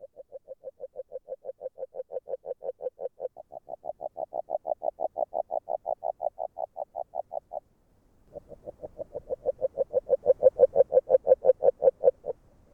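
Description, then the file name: Agile frog calls: a long, steady train of rapid, hollow knocks, a short pause, then a second series that swells louder. Hungary. "Magyarorsz g B kahangjai - Erdei beka Agile Frog"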